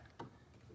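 The plastic upper grille of a first-generation Scion xB is wedged back in and pushed onto its body retaining clips, including a larger clip. After a faint tick, a sharp snap is heard at 0.2 s as the grille clip seats onto its mount.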